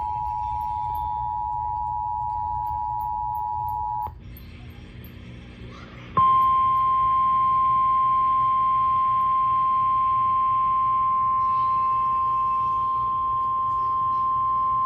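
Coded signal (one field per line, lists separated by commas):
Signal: Emergency Alert System (SAME) tones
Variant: 853 and 960 Hz attention tone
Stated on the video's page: Severe Thunderstorm Warning alert heard on an FM broadcast station at 107.9 MHz.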